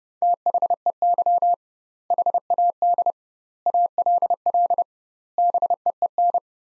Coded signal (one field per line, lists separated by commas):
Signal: Morse code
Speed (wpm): 30 wpm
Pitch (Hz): 700 Hz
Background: none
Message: THEY HAD ALL BEEN